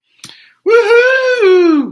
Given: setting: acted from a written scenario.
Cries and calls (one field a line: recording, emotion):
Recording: vocal sound without words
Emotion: triumph